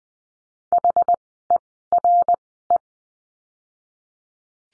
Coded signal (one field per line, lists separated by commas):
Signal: Morse code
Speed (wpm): 20 wpm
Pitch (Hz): 700 Hz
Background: none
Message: HERE